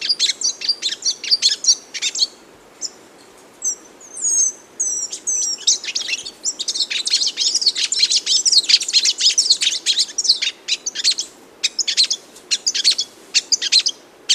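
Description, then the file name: Magpie tanager song, a dense run of sharp, high chirps and short whistled notes in rapid bursts, with brief pauses between phrases. "canto da tietinga"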